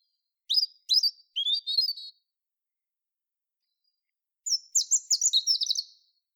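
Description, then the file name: European robin song: sharp high chirps and warbles in a short phrase, a pause, then a longer run of rapid, sparkling high notes. "Erithacus rubecula"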